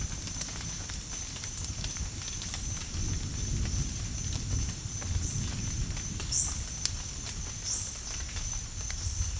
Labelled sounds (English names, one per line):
none